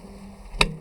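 In an aircraft scrapyard during dismantling, a worker pushes a fitting or coupling squarely onto its mating part. A sharp click at 0.6 s shows it has locked in place, seated on the first try.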